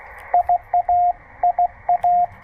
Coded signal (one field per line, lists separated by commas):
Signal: Morse code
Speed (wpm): 19 wpm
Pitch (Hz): 690 Hz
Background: radio noise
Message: IA IA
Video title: It's Good to be Back: First POTA Activation Post-Hurrican Helene!